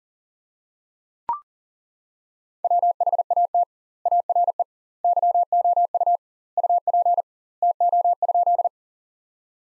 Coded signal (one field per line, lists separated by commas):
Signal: Morse code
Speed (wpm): 37 wpm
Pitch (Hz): 700 Hz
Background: none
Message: WHAT ARE YOU UP TO?